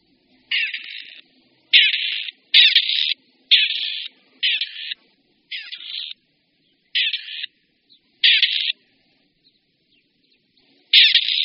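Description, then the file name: Grey partridge, harsh grating rasps about half a second long, repeated roughly every second with brief gaps and a quiet pause before the last. "Koroptev-polní"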